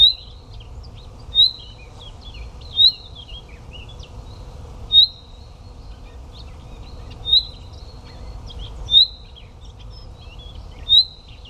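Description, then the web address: Chaffinch repeating a crisp high whistled note every couple of seconds, with faint twittering between notes and a constant low rumble beneath. "Deverinetal"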